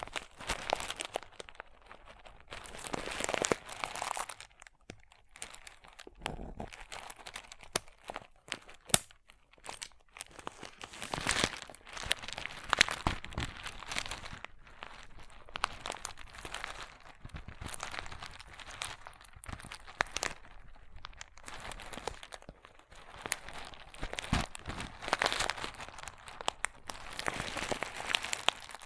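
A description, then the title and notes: Crunchy slime being squeezed and worked, giving dense crackling and crinkling bursts that come and go in uneven waves across the whole span. Some pushes are sharp and bright, others softer, with brief quiet gaps between, such as around six and twenty seconds. ASMR Satisfying Crunchy Slime (No Talking).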